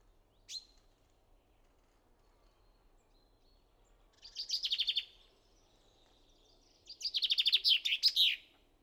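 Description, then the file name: Common chaffinch song: a sharp single note, then two bright trilled phrases a few seconds apart. "Fringilla coelebs"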